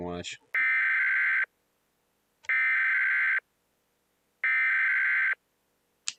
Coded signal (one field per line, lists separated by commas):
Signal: Emergency Alert System (SAME) tones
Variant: header bursts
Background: speech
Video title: watching EAS scenarios and hanging out join plz part 2 (part 1 of part 2)